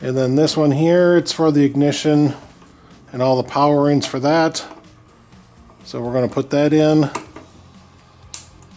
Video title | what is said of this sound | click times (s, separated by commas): Vulcan 1600 Classic - Leaky Gas Tank, Part 2 | until it clicks | 8.3 s